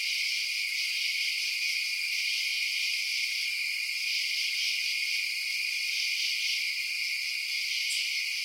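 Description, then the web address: Insects in an unbroken high shimmering chorus of overlapping trills, with one brief sharp chirp late on. Night insect ambience outdoors at night. "Sound Effects-Blast Wave Update 3 Night Insects"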